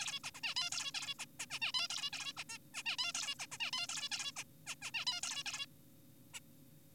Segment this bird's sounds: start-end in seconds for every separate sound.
0.00-0.20, 0.24-0.31, 0.35-0.41, 0.43-0.54, 0.56-0.70, 0.72-0.92, 0.94-1.14, 1.19-1.25, 1.40-1.46, 1.51-1.59, 1.62-1.72, 1.74-1.88, 1.90-2.10, 2.13-2.33, 2.37-2.44, 2.50-2.58, 2.74-2.83, 2.86-2.97, 2.99-3.13, 3.15-3.35, 3.40-3.46, 3.52-3.58, 3.60-3.71, 3.73-3.87, 3.89-4.09, 4.12-4.32, 4.36-4.44, 4.67-4.75, 4.82-4.91, 4.94-5.05, 5.07-5.21, 5.23-5.43, 5.46-5.66, 6.34-6.40